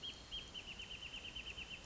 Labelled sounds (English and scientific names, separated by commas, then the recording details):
Wrentit (Chamaea fasciata)
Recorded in Sonoma County, California